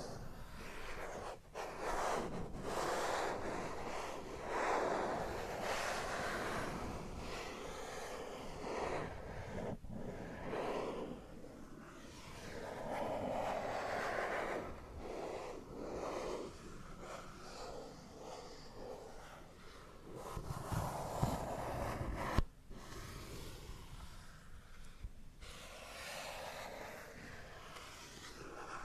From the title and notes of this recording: Matte Plastic Tracing & Scratchy Tapping (NO TALKING).